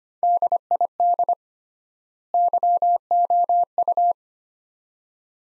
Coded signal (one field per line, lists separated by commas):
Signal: Morse code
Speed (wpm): 25 wpm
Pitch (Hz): 700 Hz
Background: none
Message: DID YOU